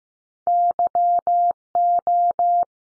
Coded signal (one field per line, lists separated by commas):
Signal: Morse code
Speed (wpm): 15 wpm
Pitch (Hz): 700 Hz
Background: none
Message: Y O